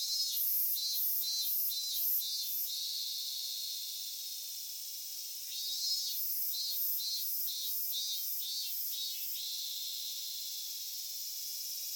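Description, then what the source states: Robust cicada singing a series of harsh pulsed buzzes, fading into a continuous shrill drone before a fresh burst of repeated pulses starts up again. Recorded in thickets.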